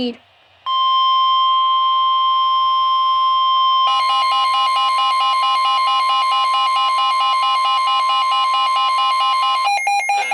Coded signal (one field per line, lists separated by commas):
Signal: Emergency Alert System (SAME) tones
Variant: 1050 Hz attention tone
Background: speech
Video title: HELPLESS - EAS Alerts from 3/14/24 to 3/15/24 #12-20